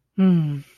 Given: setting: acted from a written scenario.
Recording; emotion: vocal sound without words; romantic love